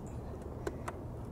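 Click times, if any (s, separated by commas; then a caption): 0.7 s, 0.9 s. A key turns in the seat lock under the seat of a Triumph Street Triple R motorcycle, and the seat latch releases with two sharp clicks at 0.7 s and 0.9 s over a steady low background rumble. The rider seat is released and open.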